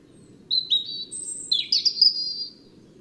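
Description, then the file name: European robin song: one short phrase of thin, high whistles sliding into a twittering, jangling flourish, over a soft low background hum. "Erithacus rubecula"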